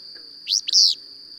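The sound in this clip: Bird chirp, two loud quick swept notes, the second longer and slurred, against a continuous high-pitched drone.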